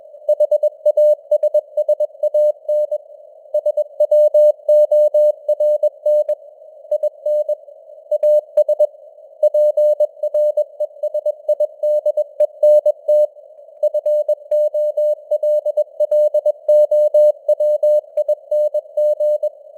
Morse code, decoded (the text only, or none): HASSAN SWORN IN AS PRESIDENT FOLLOWING